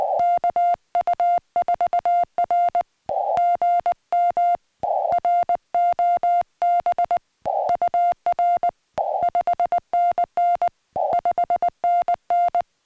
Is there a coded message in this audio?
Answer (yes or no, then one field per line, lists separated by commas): yes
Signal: Morse code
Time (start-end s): 0.2-12.6 s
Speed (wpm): 19 wpm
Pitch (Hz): 700 Hz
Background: music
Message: KU4R GM ROB UR 5NN 5NN